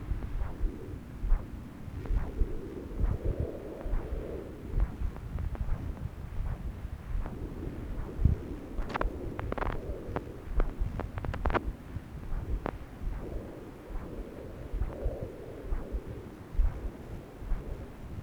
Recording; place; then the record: Doppler ultrasound of blood flow; left subclavian vein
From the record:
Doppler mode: continuous wave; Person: adult scuba diver, at rest before a dive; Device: O'Dive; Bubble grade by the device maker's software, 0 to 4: 0